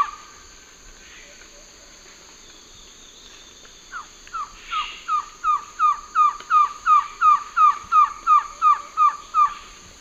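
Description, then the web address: Green-backed trogon song: after a quiet start, a fast series of short, down-slurred notes, about three per second, swelling louder and then holding steady. Song in the eastern lowlands of South America. "Natures Songs S America Eastern Lowlands Trogon viridis, song"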